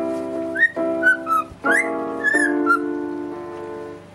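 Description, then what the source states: Cockatiel whistles, rising and falling short notes, layered over held piano chords. Parrot singing along with a pianist playing the piano.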